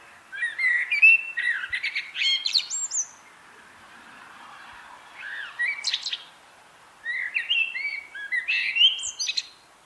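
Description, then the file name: Common blackbird singing three phrases, each a mellow whistled warble ending in a thin, high chattering flourish, with short silent gaps between phrases. "Turdus merula"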